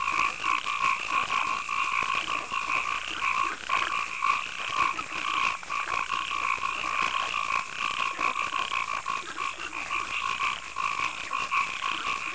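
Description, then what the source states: Many frogs croak together in fast, uneven pulsed notes, with a bright, unbroken insect hum above. Night marsh and swamp ambience with crickets and frogs.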